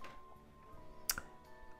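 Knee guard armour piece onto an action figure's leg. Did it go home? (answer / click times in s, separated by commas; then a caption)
yes / 1.1 s. A metal-coloured knee guard armour piece is fitted onto the leg of a plastic and die-cast Myth Cloth action figure over steady background music. A sharp tick at 1.1 s is followed by a fainter tick at 1.2 s as the knee guard snaps into place and seats.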